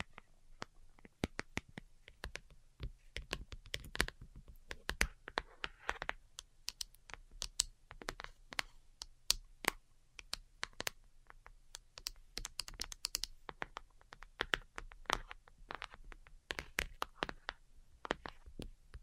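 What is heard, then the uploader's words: Delicate tapping runs through the whole stretch, a quick, irregular stream of crisp, sharp clicks much like typing on a keyboard. The taps stay dense and even in loudness, with occasional brief pauses, over a faint low hum. ASMR DELICATE Tapping for Sleep (No Talking).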